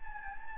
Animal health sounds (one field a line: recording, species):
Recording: mosquito wingbeat signal from an infrared sensor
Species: Anopheles gambiae